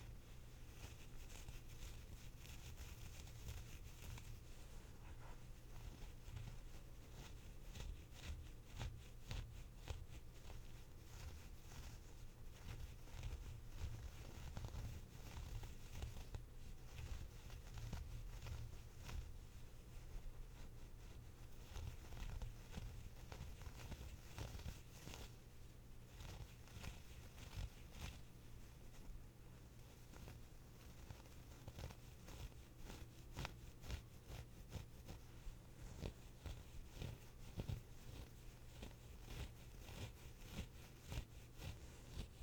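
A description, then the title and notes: Continuous scratching of a sweater's knit fabric: dense crackly rustling with rapid fine strokes over a steady low hum, unbroken throughout. ASMR Sweater Scratching.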